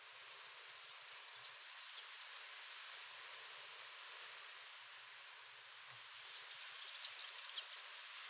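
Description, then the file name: Firecrest song: two very high, thin, rapid bursts of tightly packed notes, each lasting under two seconds and separated by a few seconds of quiet, with faint background hiss. "brandkronad"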